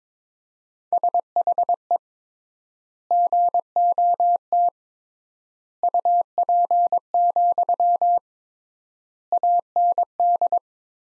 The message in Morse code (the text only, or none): SHE GOT UP, AND